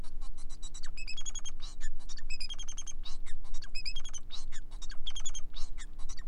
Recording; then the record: song of a male Bengalese finch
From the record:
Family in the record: son of father 4